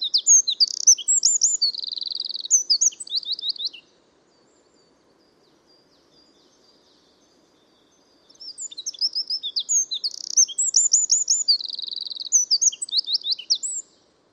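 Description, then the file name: Eurasian wren song: two bursts of about four and six seconds, rapid high trills and sharp twittering notes, separated by a few seconds of quiet. "Troglodytes troglodytes"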